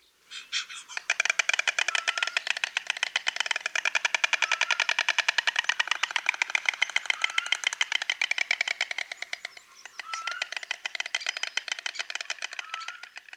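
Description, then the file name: White stork bill clattering: a long, dry, rapid wooden rattle of dense clicks, easing briefly near ten seconds, with short squeaky notes recurring every couple of seconds. "Bocian bialy"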